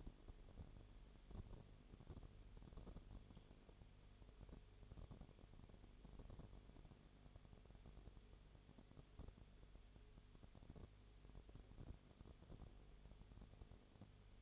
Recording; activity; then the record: daily activity, microphone in the room; no activity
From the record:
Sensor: 4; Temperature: 22.0 degrees Celsius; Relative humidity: 29.4%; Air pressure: 1002.1 hPa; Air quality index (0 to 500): 59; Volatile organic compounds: 1 ppm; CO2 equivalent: 609 ppm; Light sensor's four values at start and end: 2/3/1/1 and 2/3/1/1